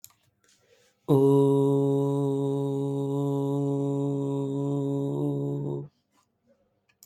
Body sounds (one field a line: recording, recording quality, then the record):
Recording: sustained vowel as in boot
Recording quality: excellent, no background noise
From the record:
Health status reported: exposed to COVID-19, no respiratory illness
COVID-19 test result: negative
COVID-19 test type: RT-PCR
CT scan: not taken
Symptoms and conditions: cough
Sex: male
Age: 26 years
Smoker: yes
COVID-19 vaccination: both doses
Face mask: not worn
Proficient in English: yes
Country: India